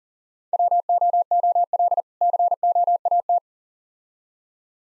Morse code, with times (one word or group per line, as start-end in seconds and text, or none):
0.5-2.0 WOOL
2.2-3.4 COAT